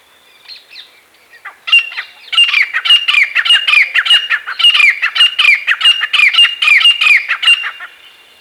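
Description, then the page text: Grey francolin calls begin with a few faint notes, then build into a loud series of harsh, ringing squawks repeated in a fast, uneven rhythm for several seconds. "Grey Francolin Calls. Quick Sounds"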